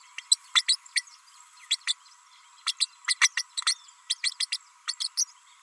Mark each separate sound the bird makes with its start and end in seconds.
0.18-0.22, 0.31-0.36, 0.55-0.62, 0.68-0.76, 0.95-1.02, 1.70-1.76, 1.87-1.94, 2.66-2.73, 2.79-2.86, 3.07-3.14, 3.21-3.29, 3.37-3.44, 3.66-3.75, 4.09-4.15, 4.23-4.31, 4.40-4.46, 4.52-4.57, 4.88-4.93, 5.00-5.08, 5.17-5.25